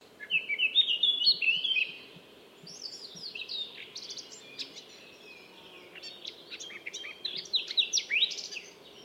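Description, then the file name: Eurasian blackcap singing, a warbling phrase of rapid varied notes, a quieter scratchy passage, then another louder burst, over a low steady hum. "Sylvia atricapilla"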